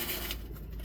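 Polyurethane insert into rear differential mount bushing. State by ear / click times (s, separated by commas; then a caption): not seated / none. A Whiteline polyurethane differential mount bushing insert is slid in over the top of the rear differential mount on a GR86. There is a steady rubbing, scraping sound with a brief louder scrape at about 0.3 s. The insert has not snapped into place yet, and nothing has seated.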